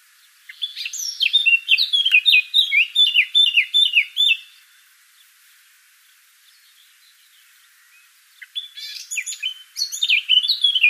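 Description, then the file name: Eurasian blackcap song, a brisk run of scratchy and fluty high notes for about four seconds, a pause of several seconds, then another rapid warbling phrase. "Sylvia atricapilla"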